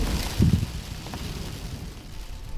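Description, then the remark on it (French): Violent storm wind roars in a steady, hissing rush, with a heavy low buffeting gust early on before settling into a constant howl. No voices are heard. “Le vent est assez violent, mais je pense qu'on peut attendre un petit peu.”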